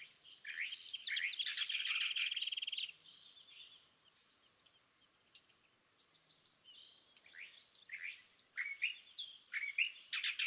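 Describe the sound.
California thrasher singing a busy, jumbled song of buzzy trills, slurred notes and rapid changing phrases, quieter in the middle before building again.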